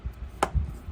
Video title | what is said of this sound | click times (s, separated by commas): Bonus Video Markers and Whimsical Creations | You hear that click? The other one didn't even click. | 0.4 s